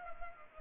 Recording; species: mosquito wingbeat signal from an infrared sensor; Culex pipiens